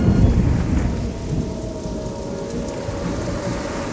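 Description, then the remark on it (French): A tropical storm over the Caribbean: a steady wash of heavy rain with a deep rumble of thunder rolling underneath, loudest at the start, while gusting wind over a rough sea keeps the storm noise dense and continuous throughout. “Le lendemain matin, jeudi 25 janvier, une tempête tropicale s'abat sur les Caraïbes. Le tonnerre ronde, le vent souffle et la mer est agitée.”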